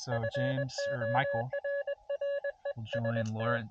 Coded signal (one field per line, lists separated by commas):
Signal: Morse code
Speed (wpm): 21 wpm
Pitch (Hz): 590 Hz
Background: speech, radio noise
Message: FORREST